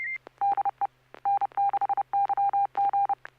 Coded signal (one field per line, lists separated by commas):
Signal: Morse code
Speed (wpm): 30 wpm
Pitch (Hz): 800 Hz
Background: none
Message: DE N6YG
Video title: N6NA SSTV Net - 07/19/2023